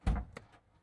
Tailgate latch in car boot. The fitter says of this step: If I click this, then you can hear the boot latch now opens.